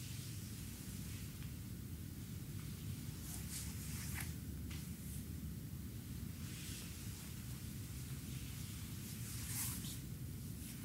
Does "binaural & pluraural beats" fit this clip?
no